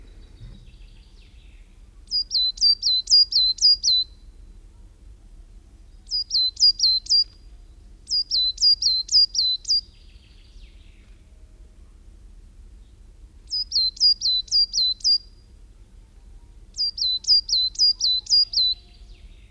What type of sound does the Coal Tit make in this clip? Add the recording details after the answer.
song. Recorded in the wild. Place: Schaabe, Insel Rügen, Mecklenburg-Vorpommern, DE. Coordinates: 54.57, 13.45. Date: 1969-04-29. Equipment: NAGRA III BH, Sennheiser MD421, Alu-Reflektor. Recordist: Schubert, Michael